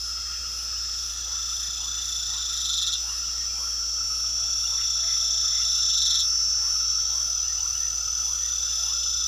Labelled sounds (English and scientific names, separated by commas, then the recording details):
none
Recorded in pastures near Puerto Asís, Putumayo, Colombia, on 9 March 2025 at 21:00
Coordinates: 0.497, -76.327
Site G072